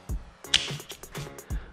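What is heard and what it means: A plastic housing latch on an extension-cord socket block is pressed so the housing part releases and comes out, with the other side coming apart the same way. A sharp click sounds at 0.6 s, among softer low thumps and handling noises, and someone talks. The latch clicks open and the piece is released.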